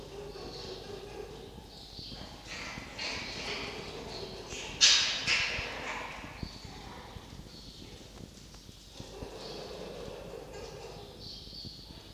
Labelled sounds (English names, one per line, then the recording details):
Red Fox
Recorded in captivity
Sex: group
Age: diverse
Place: Zoologisches Institut der HUB, Berlin, DE
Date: 1953-05-01
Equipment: Elmetra
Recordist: Tembrock, Günter